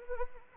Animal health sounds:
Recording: mosquito wingbeat signal from an infrared sensor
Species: Anopheles arabiensis

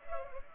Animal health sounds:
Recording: mosquito wingbeat signal from an infrared sensor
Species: Culex pipiens

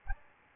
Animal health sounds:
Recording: mosquito wingbeat signal from an infrared sensor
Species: Aedes albopictus

